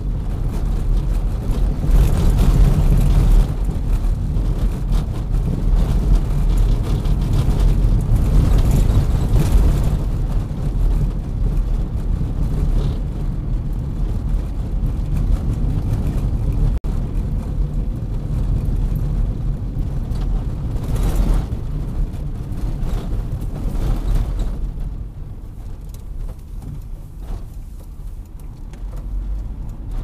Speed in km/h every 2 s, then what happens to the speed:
56, 56, 58, 58, 58, 57, 56, 58, 58, 56, 50, 40, 33, 15, 16.
0-17 steady at about 58. 17-26 brakes to 15.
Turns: none.